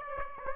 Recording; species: mosquito wingbeat signal from an infrared sensor; Aedes aegypti